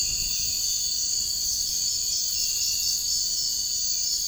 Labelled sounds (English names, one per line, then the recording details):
none
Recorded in dense forest near Puerto Asís, Putumayo, Colombia, on 21 March 2025 at 04:00
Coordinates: 0.485, -76.318
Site G056